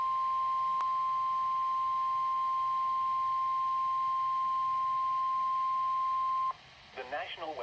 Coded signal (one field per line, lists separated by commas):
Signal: Emergency Alert System (SAME) tones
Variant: 1050 Hz attention tone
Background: speech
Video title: [EAS #48] Special Marine Warning (WXM60)